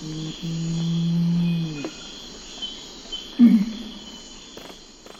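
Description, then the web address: Nocturnal Curassow low humming call, a short droning note then a longer one, then a brief low grunt, with steady insect buzzing high above. Recorded in the eastern lowlands of South America. "Natures Songs S America Eastern Lowlands. Nocturnal Curassow"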